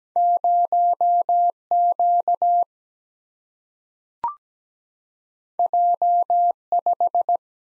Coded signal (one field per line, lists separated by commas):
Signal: Morse code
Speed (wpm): 17 wpm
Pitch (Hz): 700 Hz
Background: none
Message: 0 Q J 5